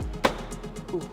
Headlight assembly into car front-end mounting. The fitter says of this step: so i mean i just got it clicked into place as you guys saw here